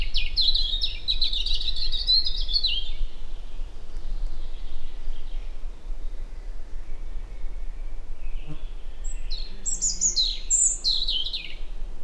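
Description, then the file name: European robin singing a long high warbling phrase, then a pause, then another burst of thin sliding notes near the end, over constant low rumbling noise. "Erithacus rubecula"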